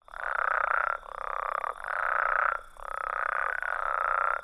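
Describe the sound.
Mexican spadefoot calls: pulsed trills under a second long, repeated back to back with brief gaps.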